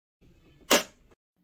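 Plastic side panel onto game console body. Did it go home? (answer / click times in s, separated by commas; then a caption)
yes / 0.7 s. A plastic side panel for a PlayStation 5 console is lined up with the holes on the console body and pressed down. After some low handling rustle, a sharp bright click at 0.7 s marks the panel snapping into place, followed by a faint tick around 1.1 s. The panel is seated.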